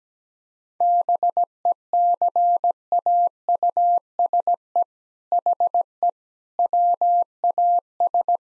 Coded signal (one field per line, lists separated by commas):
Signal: Morse code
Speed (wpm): 17 wpm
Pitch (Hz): 700 Hz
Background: none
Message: BECAUSE HE WAS